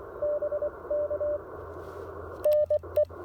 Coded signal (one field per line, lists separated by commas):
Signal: Morse code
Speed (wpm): 20 wpm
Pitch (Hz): 590 Hz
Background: none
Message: BK NE